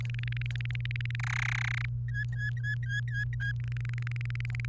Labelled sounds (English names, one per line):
Domestic Canary song